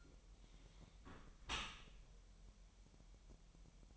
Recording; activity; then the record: daily activity, microphone in the room; close dishwasher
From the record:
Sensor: 1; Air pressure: 1000.5 hPa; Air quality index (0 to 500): 247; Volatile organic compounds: 140 ppm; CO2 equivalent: 3977 ppm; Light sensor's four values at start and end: 11/27/11/12 and 11/27/11/12